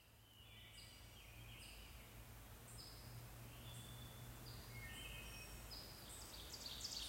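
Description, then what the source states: Bird song of brief whistled notes and quick high chips, loosely repeated, with a constant low hum underneath. Recorded at sunset on May 19, 2024.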